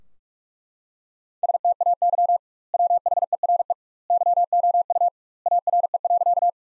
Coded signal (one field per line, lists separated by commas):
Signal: Morse code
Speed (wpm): 41 wpm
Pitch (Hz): 700 Hz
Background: none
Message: STAY WHERE YOU ARE.